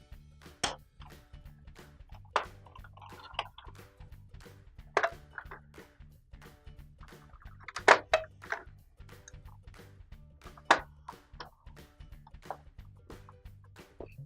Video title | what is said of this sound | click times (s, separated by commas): WP8181835 - Replacing Your Kenmore Washer's Start Button Set | and just push everything down so the tabs snap back into place. | 0.6 s, 2.4 s, 5.0 s, 8.1 s, 10.7 s